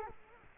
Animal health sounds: mosquito wingbeat signal from an infrared sensor; Culex quinquefasciatus

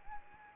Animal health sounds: mosquito wingbeat signal from an infrared sensor; Anopheles arabiensis

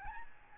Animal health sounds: mosquito wingbeat signal from an infrared sensor; Aedes albopictus

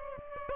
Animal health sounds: mosquito wingbeat signal from an infrared sensor; Aedes aegypti

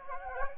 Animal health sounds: mosquito wingbeat signal from an infrared sensor; Anopheles gambiae

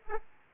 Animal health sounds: mosquito wingbeat signal from an infrared sensor; Aedes aegypti

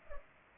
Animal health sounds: mosquito wingbeat signal from an infrared sensor; Culex pipiens

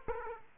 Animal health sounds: mosquito wingbeat signal from an infrared sensor; Aedes aegypti

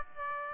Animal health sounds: mosquito wingbeat signal from an infrared sensor; Aedes aegypti

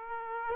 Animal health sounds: mosquito wingbeat signal from an infrared sensor; Aedes aegypti

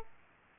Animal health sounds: mosquito wingbeat signal from an infrared sensor; Aedes aegypti

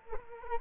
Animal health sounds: mosquito wingbeat signal from an infrared sensor; Culex quinquefasciatus

